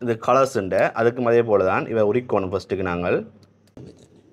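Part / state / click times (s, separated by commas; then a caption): color printhead into printer carriage / not seated / none. Someone talks while handling the color printhead for an HP Smart Tank 515 All In One printer, which is to be pushed into the printer carriage after its tape is peeled off. Speech fills the clip, with only faint low-level sounds near the end. Nothing has seated or clicked yet.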